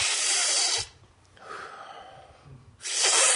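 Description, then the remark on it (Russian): Two loud, harsh, hissing inward breaths, a person forcefully sucking air in through the mouth, separated by a quieter stretch of low rumbling and faint breathy noise. “Не дул, а в себя стал так вот.”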